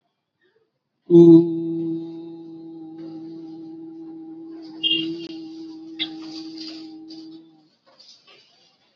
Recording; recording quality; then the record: sustained vowel as in boot; excellent, no background noise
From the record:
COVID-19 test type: RT-PCR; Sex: male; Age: 29 years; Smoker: no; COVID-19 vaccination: both doses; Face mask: worn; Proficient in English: yes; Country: India